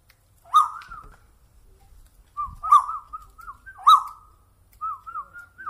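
Bird calls: a few sharp harsh notes, each followed by short slurred whistles.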